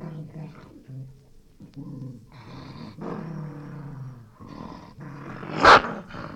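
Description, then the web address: Dog growling in uneven low rumbles and snarls, ending with a single loud, sharp bark near the close. Angry dog snapping and growling with a few barks. "Sound Effects-BBC Dog"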